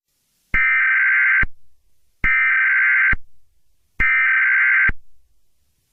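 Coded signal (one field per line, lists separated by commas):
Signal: Emergency Alert System (SAME) tones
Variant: header bursts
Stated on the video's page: Fictional EAS scenario remake, a simulated cyberterror alert.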